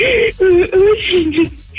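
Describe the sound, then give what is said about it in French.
A woman caller from the Strasbourg area cries over a phone line on a radio call-in, her high, wavering sobs breaking into several short bursts with brief gasping pauses, the voice thin and tinny as if through a receiver. “Ne pleure pas, ma... ne pleure pas, ma chérie.”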